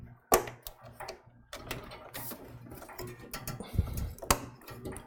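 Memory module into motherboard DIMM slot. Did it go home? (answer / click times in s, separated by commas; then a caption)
yes / 4.3 s. The last RAM stick is pressed into a motherboard DIMM slot amid scattered small clicks, taps and handling noise. A sharp, loud snap at 4.3 s is the retention latch closing as the memory module seats in the slot.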